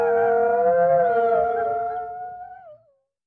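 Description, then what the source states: Coyote howls in a steady overlapping chorus, gradually fading, the last voice bending downward before silence after about three seconds. Several coyotes howling at night.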